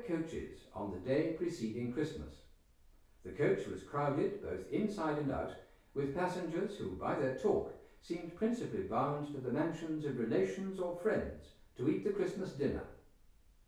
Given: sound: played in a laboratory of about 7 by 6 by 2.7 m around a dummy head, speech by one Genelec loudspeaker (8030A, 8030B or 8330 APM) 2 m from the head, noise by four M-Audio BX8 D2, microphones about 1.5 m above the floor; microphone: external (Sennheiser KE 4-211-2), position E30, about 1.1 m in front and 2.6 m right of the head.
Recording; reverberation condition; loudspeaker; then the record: male speech in English; medium; 120 degrees to the right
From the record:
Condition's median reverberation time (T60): about 510 ms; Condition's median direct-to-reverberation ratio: about -0.5 dB